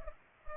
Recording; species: mosquito wingbeat signal from an infrared sensor; Culex pipiens